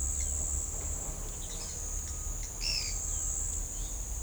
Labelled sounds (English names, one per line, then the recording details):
Pale-eyed Pygmy Tyrant
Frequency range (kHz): Pale-eyed Pygmy Tyrant 1.8-6.2 kHz
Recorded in shrubland near Pivijay, Magdalena, Colombia, on 4 June 2023 at 07:00
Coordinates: 10.453, -74.365
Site P5-G022